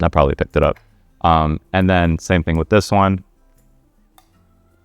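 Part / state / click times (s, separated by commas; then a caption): O-ring fitted hookah component into hookah body / seated / 4.2 s. Someone talks, then the second matching O-ring-fitted component is pushed into the body of a Steamulation Pure or Pure One hookah. It gives a small, sharp click at 4.2 s, and the part is seated, with both parts now clicked in.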